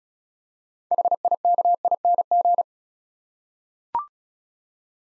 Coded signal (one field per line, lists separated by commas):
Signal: Morse code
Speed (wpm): 36 wpm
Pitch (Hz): 700 Hz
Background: none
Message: HIKING